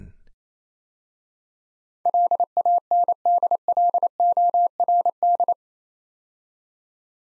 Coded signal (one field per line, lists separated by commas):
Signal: Morse code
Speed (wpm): 29 wpm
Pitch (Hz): 700 Hz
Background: none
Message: LANDLORD